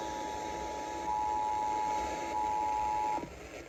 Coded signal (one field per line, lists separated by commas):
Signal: Emergency Alert System (SAME) tones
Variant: 853 and 960 Hz attention tone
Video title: Required Weekly Test on WDLV-FM - 4/21/25 (EAS #3724)